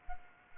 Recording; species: mosquito wingbeat signal from an infrared sensor; Culex quinquefasciatus